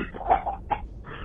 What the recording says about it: That's not a COVID cough. I'm just clearing my throat.